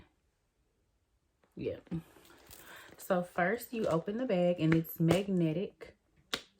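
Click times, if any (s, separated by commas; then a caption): 6.3 s. Someone talks about opening a Kurt Geiger Mini Kensington handbag, then lets the handbag's flap down and its magnetic clasp snaps shut onto the bag body with a sharp click at 6.3 s, seating the flap in place.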